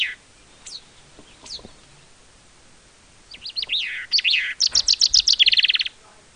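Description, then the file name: Common chaffinch song: a few faint high downslurred notes, then a fast rattling series of repeated notes. "Fringilla coelebs"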